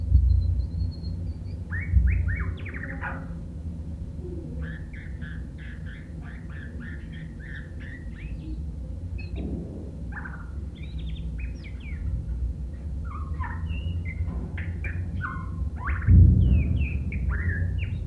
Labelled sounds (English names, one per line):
White-rumped Shama song